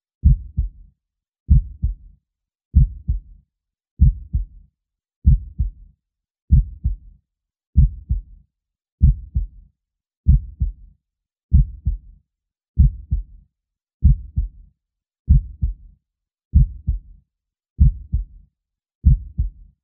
Calming Heartbeat Sound for Babies. The sound of a heartbeat is naturally calming to babies. Help yours to relax and fall asleep.